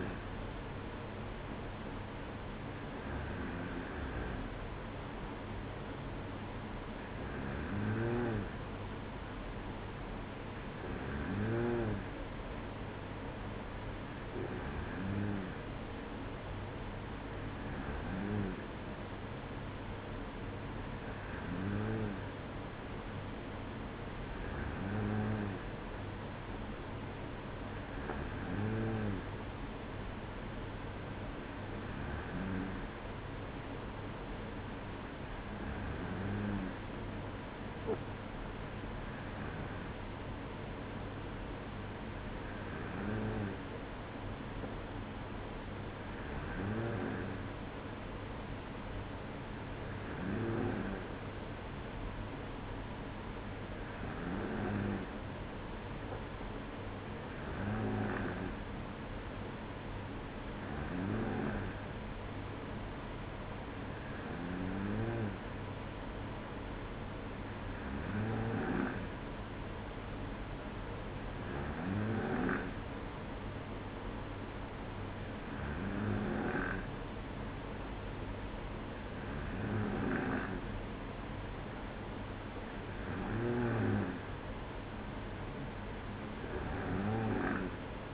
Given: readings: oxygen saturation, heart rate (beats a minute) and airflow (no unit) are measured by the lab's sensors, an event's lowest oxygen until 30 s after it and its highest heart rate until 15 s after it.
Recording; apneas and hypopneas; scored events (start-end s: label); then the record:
breathing in sleep by a voice recorder at the bedside; none
none scored
From the record:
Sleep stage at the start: N2 (light sleep); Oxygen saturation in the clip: 94 to 95%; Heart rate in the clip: 55 to 57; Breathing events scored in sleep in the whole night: 305 in 9.6 hours asleep